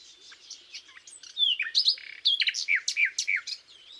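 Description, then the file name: Common nightingale song with soft opening notes building into loud descending whistles and sharp chirps, delivered in a quick, irregular sequence. "Luscinia megarhynchos"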